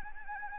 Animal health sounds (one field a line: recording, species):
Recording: mosquito wingbeat signal from an infrared sensor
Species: Anopheles arabiensis